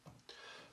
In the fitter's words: a nice click fit